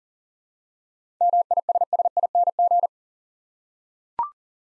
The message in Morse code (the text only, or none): MISSING